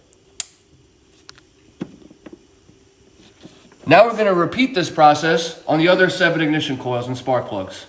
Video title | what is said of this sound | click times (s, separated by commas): How to Tune up a 6.1 HEMI® | I'm just going to take the plug, push it right in until you hear the click. | 0.4 s